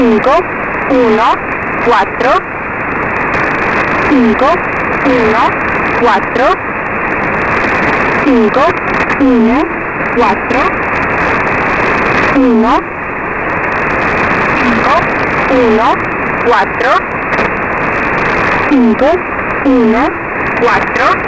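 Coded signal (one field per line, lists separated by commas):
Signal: numbers station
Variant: V07, Spanish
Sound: woman's voice reading Spanish numbers, cinco catorce, repeated over radio static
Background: radio static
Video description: Note that the callup for this station is "514 514 514 1". The three digit number, 514, defines the 100 kHz digit of each frequency to be used.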